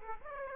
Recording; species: mosquito wingbeat signal from an infrared sensor; Aedes aegypti